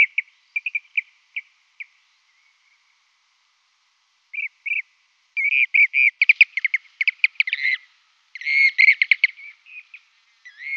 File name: Blue-cheeked Bee-eater Song